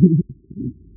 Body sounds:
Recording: neck accelerometer signal played as sound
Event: no cough (speech, laughter, throat clearing or background)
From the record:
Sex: male

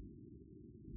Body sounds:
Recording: neck accelerometer signal played as sound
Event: no cough (speech, laughter, throat clearing or background)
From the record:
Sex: male

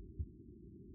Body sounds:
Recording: neck accelerometer signal played as sound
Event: no cough (speech, laughter, throat clearing or background)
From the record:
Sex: female

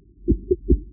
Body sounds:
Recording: neck accelerometer signal played as sound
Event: voluntary cough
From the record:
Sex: male

